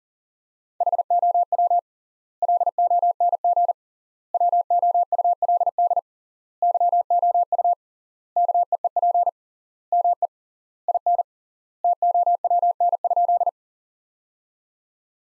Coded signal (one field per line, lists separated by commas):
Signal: Morse code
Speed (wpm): 37 wpm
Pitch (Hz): 700 Hz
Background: none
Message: HOW LONG WOULD YOU KEEP ME IN TOWN?